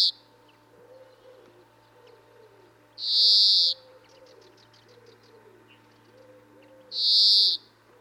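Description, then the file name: European greenfinch giving loud, buzzy, drawn-out wheezes, with soft lower repeated notes and faint ticking calls between them. "Chloris chloris"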